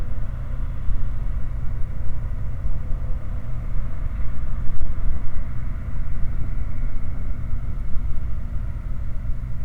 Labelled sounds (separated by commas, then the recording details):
machinery, flare stack
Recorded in the Prudhoe Bay oil fields, Alaska, on 15 August 2019 at 20:11
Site 29